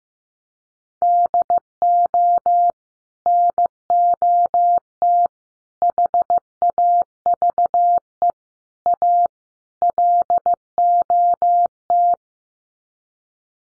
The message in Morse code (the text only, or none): DO NOT HAVE A LOT